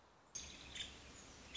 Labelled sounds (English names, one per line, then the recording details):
Nuttall's Woodpecker
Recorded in Sonoma County, California